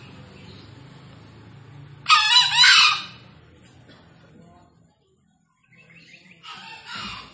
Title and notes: Panggilan Ayam Hutan Liar. Keren Sekali Ayam Hutan Hijau Dilepas Bebas n Bunyi Gacor Diatas Pohon. Pemikat Ayam Hutan